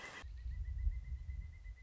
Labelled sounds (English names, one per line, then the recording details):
Pileated Woodpecker
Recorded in Sonoma County, California